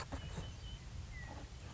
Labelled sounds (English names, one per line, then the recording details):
Western Meadowlark
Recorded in Sonoma County, California